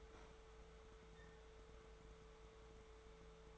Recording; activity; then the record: daily activity, microphone in the room; open fridge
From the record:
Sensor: 3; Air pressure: 1014.8 hPa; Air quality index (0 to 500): 198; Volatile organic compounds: 27 ppm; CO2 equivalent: 2885 ppm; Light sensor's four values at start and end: 12/30/12/13 and 12/29/12/12